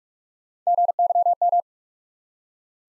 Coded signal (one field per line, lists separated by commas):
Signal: Morse code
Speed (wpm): 44 wpm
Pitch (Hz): 700 Hz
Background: none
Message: GYM